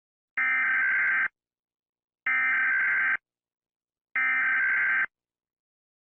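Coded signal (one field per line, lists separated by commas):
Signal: Emergency Alert System (SAME) tones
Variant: header bursts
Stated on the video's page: Fictional EAS scenario.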